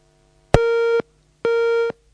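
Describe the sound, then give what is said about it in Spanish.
A telephone busy tone after a dropped call: two steady, buzzy beeps, each about half a second long with a short pause between, loud and alone with no talking. “Se nos terminó la comunicación.”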